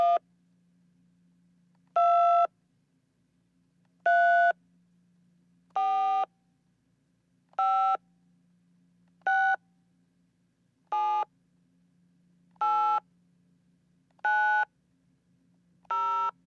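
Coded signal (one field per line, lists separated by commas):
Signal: DTMF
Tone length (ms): 400 ms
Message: 2 3 4 5 6 7 8 9 0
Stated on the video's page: Sound effect of a digital telephone being slowly dialed with beeps.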